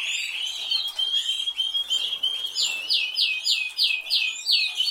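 Canary song: a smooth steady whistled trill, then a run of loud sweeping notes repeated rapidly, about three each second.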